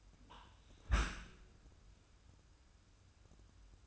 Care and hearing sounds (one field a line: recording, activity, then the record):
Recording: daily activity, microphone in the room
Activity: close dishwasher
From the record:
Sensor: 2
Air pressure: 994.3 hPa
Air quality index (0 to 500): 213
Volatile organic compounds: 1000 ppm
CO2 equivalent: 7048 ppm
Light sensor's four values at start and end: 143/342/145/151 and 146/350/149/155